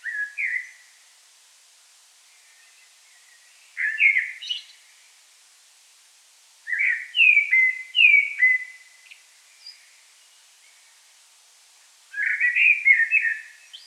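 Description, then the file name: Common blackbird singing mellow flute-like phrases broken by pauses, some ending in high thin squeaks, four phrases heard. "Turdus merula"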